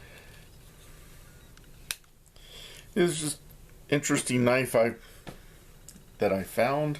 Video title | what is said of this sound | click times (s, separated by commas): Buck180 CrossLock | as you can see there you go across the lock into place | 1.9 s